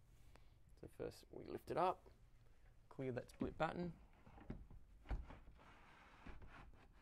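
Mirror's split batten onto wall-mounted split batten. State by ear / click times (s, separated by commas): seated / 4.5 s, 5.1 s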